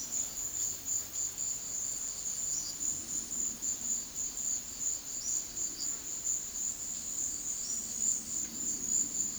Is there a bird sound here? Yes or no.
yes